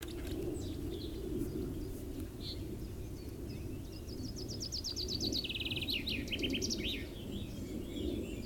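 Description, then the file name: Common chaffinch singing a rattling phrase of repeated notes that drop in pitch and end with a flourish, set against constant low-pitched background rumble and scattered faint chirps. "Fringilla coelebs"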